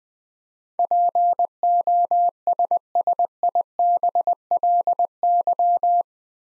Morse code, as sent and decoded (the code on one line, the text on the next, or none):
.--. --- ... ... .. -... .-.. -.--
POSSIBLY